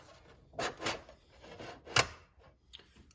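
A car stereo head unit, with its faceplate removed, is pushed into its metal mounting sleeve in the dash of a 1986 Square Body Chevrolet C30 dually truck. Scraping rubs and small knocks at about 0.6 and 0.9 s come as the unit is worked in. A sharp, loud click at 2.0 s marks the retaining clips catching and the unit seating in place.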